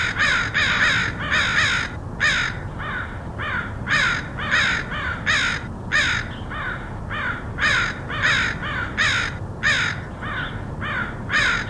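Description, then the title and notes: Crows calling with many harsh, rasping caws in quick succession, some overlapping, over a low rumbling background. Crows recorded in Portland, Oregon, in August 2003. "Crows of Portland. Crows recorded by Dan Bodah in Portland, OR, August 2003"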